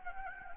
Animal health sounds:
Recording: mosquito wingbeat signal from an infrared sensor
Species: Anopheles gambiae

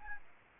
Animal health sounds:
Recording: mosquito wingbeat signal from an infrared sensor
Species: Aedes albopictus

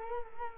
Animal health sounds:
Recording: mosquito wingbeat signal from an infrared sensor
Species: Culex quinquefasciatus

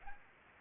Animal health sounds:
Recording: mosquito wingbeat signal from an infrared sensor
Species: Anopheles arabiensis

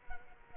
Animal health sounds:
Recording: mosquito wingbeat signal from an infrared sensor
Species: Culex quinquefasciatus

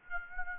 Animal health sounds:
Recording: mosquito wingbeat signal from an infrared sensor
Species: Aedes aegypti

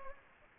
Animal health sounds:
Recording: mosquito wingbeat signal from an infrared sensor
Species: Anopheles gambiae

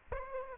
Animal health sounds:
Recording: mosquito wingbeat signal from an infrared sensor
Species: Aedes aegypti

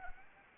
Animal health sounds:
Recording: mosquito wingbeat signal from an infrared sensor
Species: Anopheles arabiensis

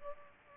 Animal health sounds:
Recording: mosquito wingbeat signal from an infrared sensor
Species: Culex pipiens

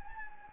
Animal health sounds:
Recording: mosquito wingbeat signal from an infrared sensor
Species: Anopheles gambiae

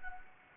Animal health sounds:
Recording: mosquito wingbeat signal from an infrared sensor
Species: Anopheles arabiensis

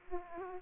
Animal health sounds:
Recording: mosquito wingbeat signal from an infrared sensor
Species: Aedes aegypti

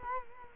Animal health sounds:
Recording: mosquito wingbeat signal from an infrared sensor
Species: Culex quinquefasciatus

